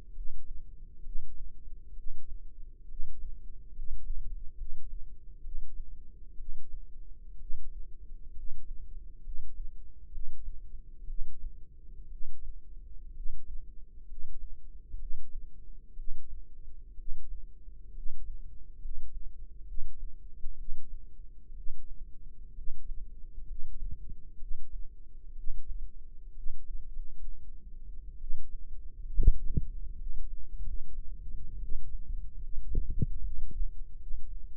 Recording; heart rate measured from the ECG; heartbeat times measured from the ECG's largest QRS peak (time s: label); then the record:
heart sounds by microphone in the left ear; 66 bpm
0.11 s: heartbeat
1.01 s: heartbeat
1.93 s: heartbeat
2.85 s: heartbeat
3.71 s: heartbeat
4.54 s: heartbeat
5.40 s: heartbeat
6.35 s: heartbeat
7.36 s: heartbeat
8.31 s: heartbeat
9.20 s: heartbeat
10.08 s: heartbeat
11.04 s: heartbeat
12.07 s: heartbeat
13.11 s: heartbeat
14.04 s: heartbeat
14.96 s: heartbeat
15.93 s: heartbeat
16.94 s: heartbeat
17.91 s: heartbeat
18.77 s: heartbeat
19.63 s: heartbeat
20.54 s: heartbeat
21.52 s: heartbeat
22.52 s: heartbeat
23.43 s: heartbeat
24.36 s: heartbeat
25.32 s: heartbeat
26.31 s: heartbeat
26.87 s: heartbeat
28.17 s: heartbeat
29.08 s: heartbeat
29.94 s: heartbeat
30.61 s: heartbeat
31.57 s: heartbeat
32.37 s: heartbeat
33.19 s: heartbeat
33.95 s: heartbeat
From the record:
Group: healthy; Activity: rest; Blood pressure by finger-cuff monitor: 115/70 mmHg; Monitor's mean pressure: 83 mmHg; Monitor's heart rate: 64 bpm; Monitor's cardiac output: 5.5 L/min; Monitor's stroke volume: 86 mL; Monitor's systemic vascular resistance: 1100 dyn s/cm5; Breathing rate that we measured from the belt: 13 breaths a minute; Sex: female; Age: 22 years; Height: 171 cm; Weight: 65.6 kg